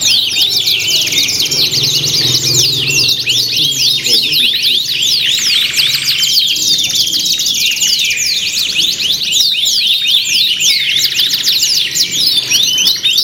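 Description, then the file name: Canary chorus with continuous rapid trills, twittering runs and sweeping whistles layered over one another, plus a soft low hum around the second and third seconds. Simulated canary singing contest with fill-in tutor songs. "audio simulasi lomba kenari isian. omkicau"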